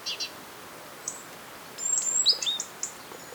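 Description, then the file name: Great tit calls: a few brief notes, then a jumble of thin high whistles and sharp downslurred notes. "Parus major"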